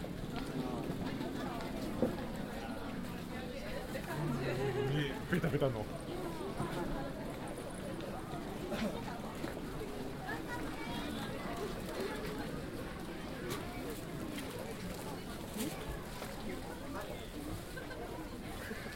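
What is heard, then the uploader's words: A street scene in the Asakusa district of Tokyo, Japan, full of overlapping voices from a steady crowd. A low rumble runs underneath throughout, with scattered clicks and brief knocks, and a slightly louder moment around five seconds. Approaching Sensō-ji. A binaural field recording recorded in the Asakusa district of Tokyo, Japan.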